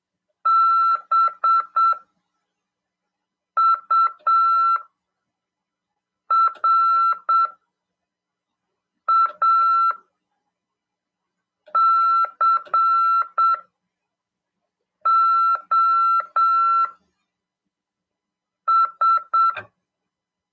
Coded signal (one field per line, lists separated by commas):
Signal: Morse code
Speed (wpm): 7 wpm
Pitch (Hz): 1340 Hz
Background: none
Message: BURACOS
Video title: RADIOAMADOR 2ªED 2/12/2022 "AULA 39: CW, LEGISLA e C.RODADA" FM 146.410 Mhz PY2EXU PAULO CRASP/RAF.